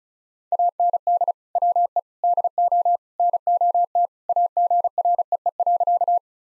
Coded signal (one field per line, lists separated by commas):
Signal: Morse code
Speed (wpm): 34 wpm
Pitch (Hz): 700 Hz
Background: none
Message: AND WE DO NOT AGREE.